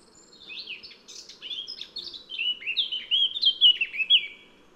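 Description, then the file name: Eurasian blackcap song: a quiet scratchy warble building into loud, clear fluting whistles. "Sylvia atricapilla"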